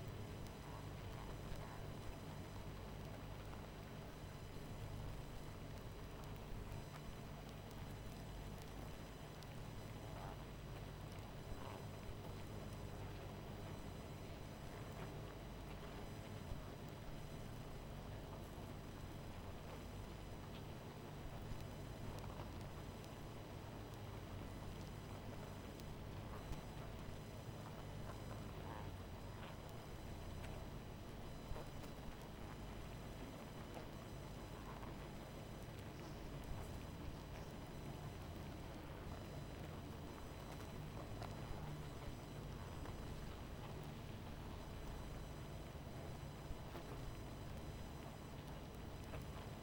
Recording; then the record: honeybee colony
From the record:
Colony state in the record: missing queen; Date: 14 July 2017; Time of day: 22:38